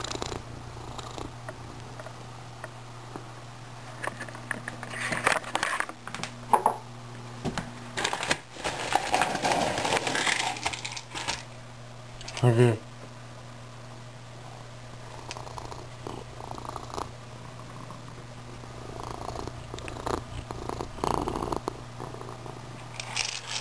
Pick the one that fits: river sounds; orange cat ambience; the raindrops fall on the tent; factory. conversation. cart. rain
orange cat ambience